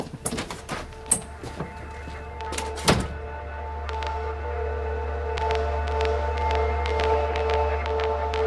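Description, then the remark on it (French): A few light clicks and knocks lead up to a door being closed with one solid, heavy thunk as someone leaves, followed by a steady low electrical hum and scattered faint ticks. “Vincent avait à peine refermé la porte”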